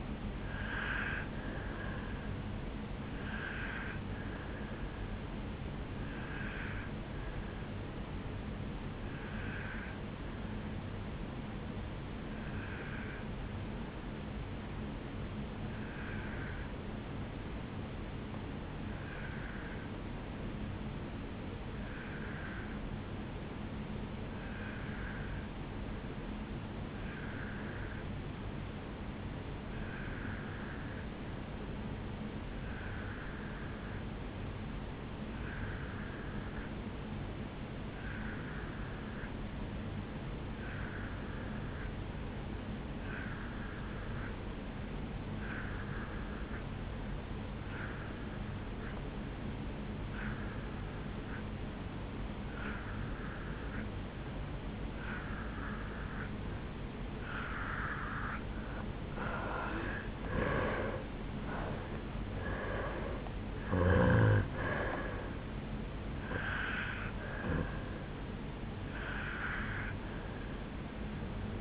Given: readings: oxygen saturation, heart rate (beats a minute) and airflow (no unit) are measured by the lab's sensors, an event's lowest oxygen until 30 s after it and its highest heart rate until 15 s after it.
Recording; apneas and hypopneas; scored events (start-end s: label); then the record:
breathing in sleep by a voice recorder at the bedside; 1
11.00-59.20 s: obstructive apnea (N2, oxygen 97% highest, then 82% lowest, heart rate 56 at the start, 77 highest)
From the record:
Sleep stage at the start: N2 (light sleep); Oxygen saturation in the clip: 83 to 97%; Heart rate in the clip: 56 to 77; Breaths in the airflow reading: 6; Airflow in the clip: -9.7 to 6.5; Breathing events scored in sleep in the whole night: 449 in 7.0 hours asleep